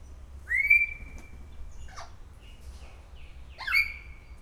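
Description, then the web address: Grey parrot whistling: a long clear rising-then-level whistle, soft short notes and clicks, then another whistle that rises and holds, against quiet low background. Szeged Zoo, Hungary, 2011. "allathangok szegedizoo 2011 standardt jakopapagaj folyamatosanaprankent"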